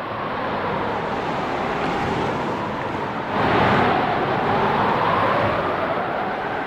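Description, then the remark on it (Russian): A howling windstorm laden with ash and fine dust from a burned prairie roars steadily throughout, a dense rushing noise that surges louder about halfway through and stays strong to the end, with no voices. “Это продолжалось больше часа, и, наконец, буря начала затихать.”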